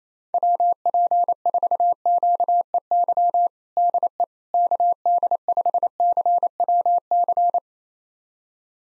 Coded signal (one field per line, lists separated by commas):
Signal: Morse code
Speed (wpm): 28 wpm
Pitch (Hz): 700 Hz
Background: none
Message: WP4QEY DE KD5CWC